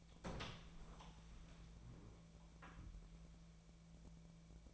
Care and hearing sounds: daily activity, microphone in the room; open door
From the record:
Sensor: 1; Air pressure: 1000.5 hPa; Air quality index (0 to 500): 185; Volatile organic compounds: 5 ppm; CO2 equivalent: 1708 ppm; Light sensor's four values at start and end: 11/27/11/13 and 11/27/11/13

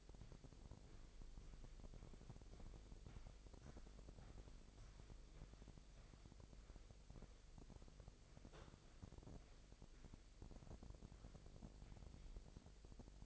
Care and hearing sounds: daily activity, microphone in the room; walk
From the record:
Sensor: 5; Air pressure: 1001.7 hPa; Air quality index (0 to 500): 182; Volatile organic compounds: 12 ppm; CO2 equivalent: 2339 ppm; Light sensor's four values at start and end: 31/102/39/41 and 31/102/39/41

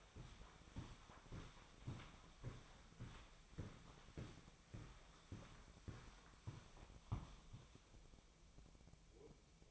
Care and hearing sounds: daily activity, microphone in the room; walk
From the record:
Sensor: 1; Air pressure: 1009.3 hPa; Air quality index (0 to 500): 186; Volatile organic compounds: 4 ppm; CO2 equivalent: 1573 ppm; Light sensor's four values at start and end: 54/143/59/72 and 42/105/46/54

